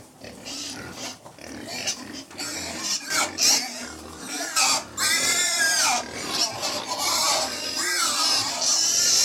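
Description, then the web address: Pigs squeal and grunt over food, with loud harmonic squeals in quick bursts, one long wavering squeal midway, and constant clattering and rustling. 100 pigs feeding; livestock. "The BBC Sound Effects Library - Livestock 100 Pigs Feeding"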